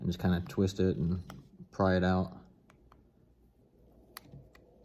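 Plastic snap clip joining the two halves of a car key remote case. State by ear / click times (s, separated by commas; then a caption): released / 4.2 s. Someone talks while a small flathead screwdriver is twisted in the slot of a plastic Nissan car key remote shell to pry the two halves apart for a battery replacement. Faint scraping follows, then at 4.2 s the plastic snap clip joining the two halves lets go with a sharp click, and the case pops open.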